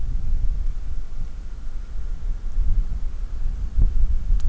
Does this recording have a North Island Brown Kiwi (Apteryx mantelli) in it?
no